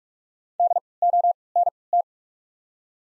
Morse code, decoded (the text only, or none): D O N T